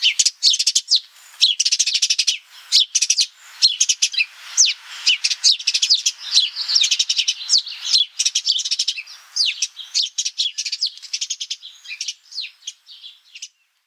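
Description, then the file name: House sparrow, steady busy chattering of many quick chirps overlapping almost without a break, thinning slightly toward the end. "Passer domesticus"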